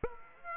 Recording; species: mosquito wingbeat signal from an infrared sensor; Aedes aegypti